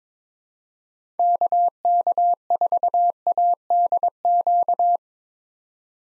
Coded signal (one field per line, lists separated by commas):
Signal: Morse code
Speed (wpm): 22 wpm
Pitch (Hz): 700 Hz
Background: none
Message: KK4ADQ